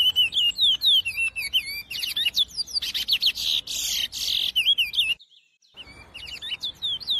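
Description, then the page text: Chestnut-bellied seed finch song: rapid clear whistles sliding downward, then loud rasping buzzy phrases, a brief pause, and soft whistles resuming. "CURIÓ (Sporophila Angolensis) #natureza #curiócantando"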